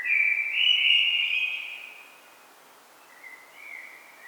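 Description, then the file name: Common blackbird giving a fluty, slightly wavering whistled phrase, then a fainter, shorter whistle near the end. "Turdus merula"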